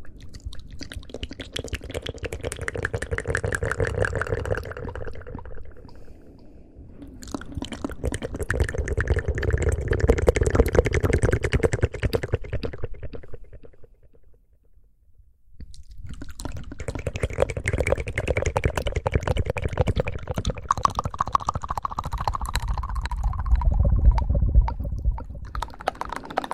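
Layered mouth sounds: dense, wet clicks and smacks crowd together in a thick, crackling mass with a low rumble underneath. The texture runs steadily, thins out around six seconds, drops to near silence from about thirteen to fifteen seconds, then returns just as busy.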